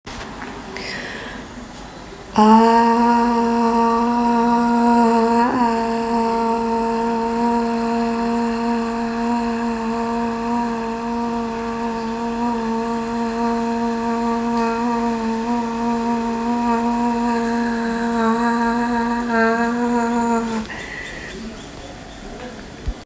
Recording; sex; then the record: sustained vowel /a/; female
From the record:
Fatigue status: no fatigue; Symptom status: asymptomatic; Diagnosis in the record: COVID-19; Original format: m4a